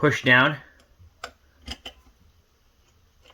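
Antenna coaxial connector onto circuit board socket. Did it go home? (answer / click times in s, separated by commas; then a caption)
yes / 1.2 s. Someone talks as a small flathead screwdriver gently pushes a tiny antenna coaxial snap connector down onto its circuit board socket. A sharp click at 1.2 s marks the connector snapping into place, followed by a few fainter ticks around 1.7 and 1.9 s. The antenna connector is seated and the antenna is installed.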